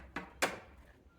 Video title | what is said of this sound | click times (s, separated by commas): 2006-2015 Audi Q7 Turn Indicator Assembly Replacement Guide - Restore Functionality with DIY | make sure that's locked into place up there. And that's good. | 0.2 s, 0.4 s